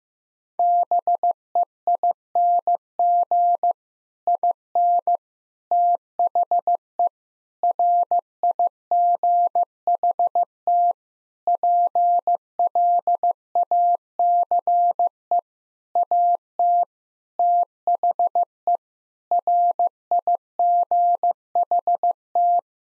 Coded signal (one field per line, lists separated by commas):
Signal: Morse code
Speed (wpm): 15 wpm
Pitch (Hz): 700 Hz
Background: none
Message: BEING IN THE RIGHT PLACE AT THE RIGHT